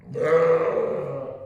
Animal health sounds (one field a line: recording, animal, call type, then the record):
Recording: contact call of a hoofed animal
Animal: sheep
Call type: low-frequency (closed-mouth) or high-frequency (open-mouth) call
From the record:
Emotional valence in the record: negative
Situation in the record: short social isolation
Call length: 1.46 s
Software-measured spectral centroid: 1170 Hz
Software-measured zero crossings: 1030 a second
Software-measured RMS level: -23 dBFS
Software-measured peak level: -9 dBFS